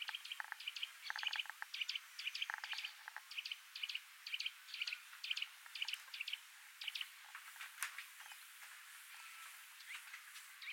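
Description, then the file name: Eurasian nuthatch uttering soft, sharp, high call notes in quick pairs and short runs, with scattered clicks and faint rustling in the background. "Sitta europaea"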